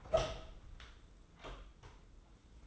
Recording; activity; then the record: daily activity, microphone in the room; open door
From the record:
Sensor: 3